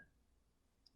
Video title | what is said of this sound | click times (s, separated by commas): Webasto STC 2000 Heater Install in Campervan (Ford Transit or Mercedes Sprinter) | and you're gonna clip that onto that | 0.9 s